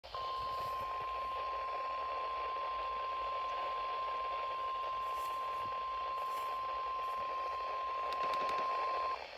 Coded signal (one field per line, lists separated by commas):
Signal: Emergency Alert System (SAME) tones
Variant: 1050 Hz attention tone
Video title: Eas rwt Eas#391